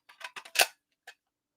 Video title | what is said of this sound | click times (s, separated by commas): Scrap Your Stash with Pam's Scrapbooks | It's going to snap in. You're going to hear it click in. | 0.6 s